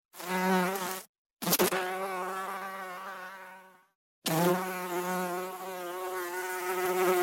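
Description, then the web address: Bee buzzing, a harmonically rich drone that fades and returns after brief gaps, with a short scraping burst early on. "пчела"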